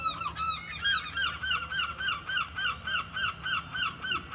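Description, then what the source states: Gull giving a rapid series of strident, squealing notes, roughly three or four a second, evenly paced, with faint surf beneath. Seagulls on the seafront at Mers-les-Bains, France, with waves in the distance; recorded with DPA 4060 microphones in AB position into a Zoom F3.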